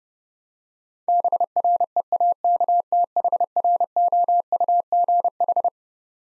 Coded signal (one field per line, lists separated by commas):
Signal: Morse code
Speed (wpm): 30 wpm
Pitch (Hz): 700 Hz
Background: none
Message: BREAKTHROUGH